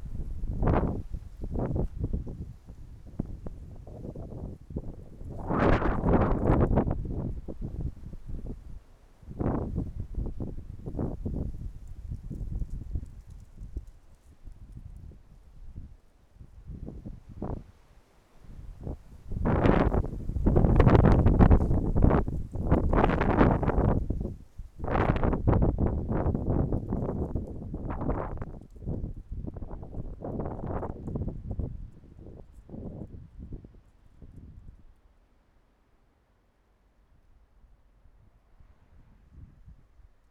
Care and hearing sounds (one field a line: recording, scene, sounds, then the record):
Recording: everyday scene through a hearing-aid microphone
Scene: wind on the microphone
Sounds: wind, traffic, birds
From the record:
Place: suburban garden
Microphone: behind the ear, right, front